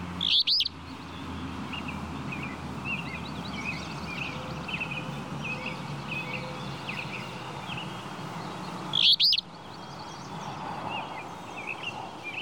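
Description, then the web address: Flycatcher calls, two sharp high chirped bursts about nine seconds apart, with soft twittering and a low background hum between them. "мухоловка"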